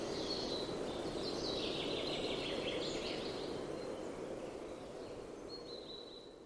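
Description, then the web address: Bird chirping: a run of high, buzzy twittering notes through the first three seconds, then one thin sustained note near the end, over steady loud rushing noise. "cianscape birddata Deverinetal 2025 File origin Bird Only"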